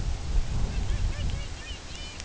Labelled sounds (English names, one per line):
Pomarine Jaeger